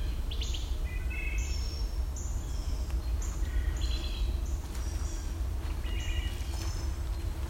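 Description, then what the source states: Wood thrush song: short, clear fluty notes at varied pitches, over a steady low rumble. Another wood thrush, in an old-growth forest with a spicebush understory beneath the canopy.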